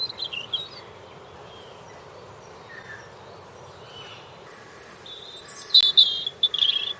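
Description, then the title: Robin giving a few short whistled phrases, a long gap with faint notes, then a louder burst of trilled, wavering chirps near the end. "Robin Birds Chirping"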